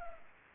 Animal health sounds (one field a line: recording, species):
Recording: mosquito wingbeat signal from an infrared sensor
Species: Culex pipiens